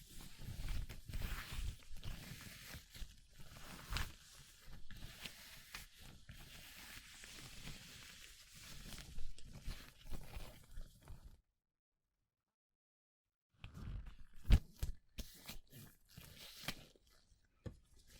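Gloves being handled, with dense rustling, rubbing and stretching sounds that come in quick irregular bursts for about eleven seconds. Then a gap of total silence for two seconds, before sharper snaps and crinkles return, including one loud pop near fourteen and a half seconds.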